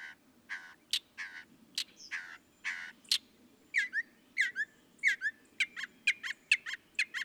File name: Northern Mockingbird